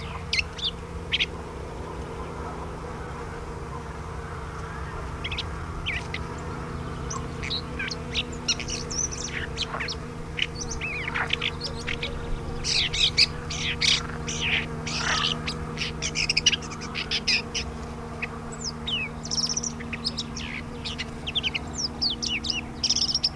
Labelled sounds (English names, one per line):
Red-backed Shrike song